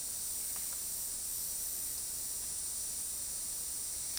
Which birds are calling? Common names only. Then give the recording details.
none. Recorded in secondary vegetation near Puerto Asís, Putumayo, Colombia, on 19 February 2024 at 11:00. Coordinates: 0.468, -76.324. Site G6381